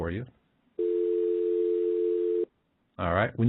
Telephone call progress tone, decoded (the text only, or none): dial tone